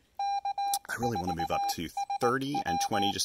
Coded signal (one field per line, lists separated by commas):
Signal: Morse code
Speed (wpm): 19 wpm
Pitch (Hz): 800 Hz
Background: speech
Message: K4SW